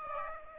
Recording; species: mosquito wingbeat signal from an infrared sensor; Aedes aegypti